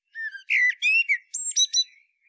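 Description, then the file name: Common blackbird singing a brief fluty warble that breaks into a sharp, high, squeaky flourish of quick notes. "Turdus merula"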